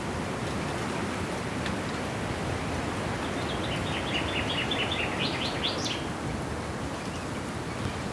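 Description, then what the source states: Bird chirps in a quick run of high, thin notes around the middle, heard over a steady, loud roar of wind through trees. Birds in wind and trees.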